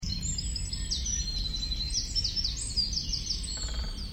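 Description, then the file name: Eurasian wren delivering quick high twittering notes in a run, with a brief buzzy sound near the end over low background rumble. "Troglodytes troglodytes"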